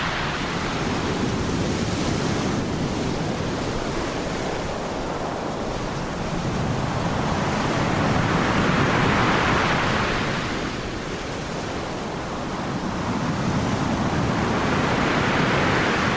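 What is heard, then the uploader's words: Stormy waves wash over a pebble beach in a dense, continuous roar with no quiet gaps. The sound swells and recedes slowly, brightening as surges build around eight to ten seconds and again near the end, then falling back to a deep rumble. Big Stormy Waves on a Pebble Beach: Relaxing Sounds of the Ocean. The waves crash onto the shore. The rhythmic sounds of the waves, combined with the gentle rustling of pebbles. This episode features only natural soundscapes with no dialogue or voice.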